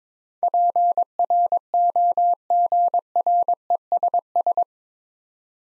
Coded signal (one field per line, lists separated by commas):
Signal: Morse code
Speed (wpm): 23 wpm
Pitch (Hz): 700 Hz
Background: none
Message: PROGRESS